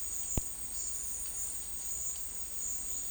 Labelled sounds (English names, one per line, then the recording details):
none
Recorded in secondary vegetation near Puerto Asís, Putumayo, Colombia, on 19 March 2025 at 11:00
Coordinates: 0.499, -76.323
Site G094